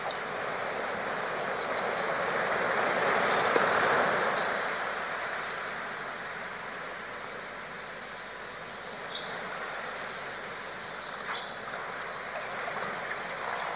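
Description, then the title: Dolphin whistles, wavering high up-and-down sweeps in two bursts, the later ones repeated in quick succession, over a steady hiss of underwater noise. Underwater dolphins communicating with each other. "Dolphin Sounds Deep Underwater"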